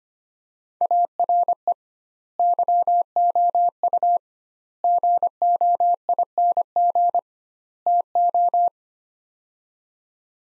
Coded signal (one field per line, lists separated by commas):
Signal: Morse code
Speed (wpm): 25 wpm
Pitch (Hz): 700 Hz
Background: none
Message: ARE YOU GOING TO